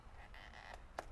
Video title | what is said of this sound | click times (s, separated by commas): How To Install a Steering Wheel - 2019 Audi B9 S5 3.0t | so i just pushed it in make sure it clicks nice and easy | 1.0 s